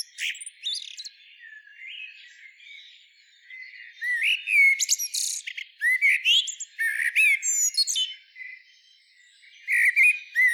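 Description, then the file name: Common blackbird singing: soft start, then from about four seconds rich warbled phrases mixed with high squeaky twitters, a short pause and a final burst. "Turdus merula"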